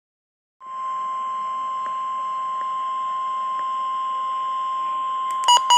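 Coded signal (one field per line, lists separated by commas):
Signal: Emergency Alert System (SAME) tones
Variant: 1050 Hz attention tone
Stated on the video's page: Severe thunderstorm warning received on a weather radio station.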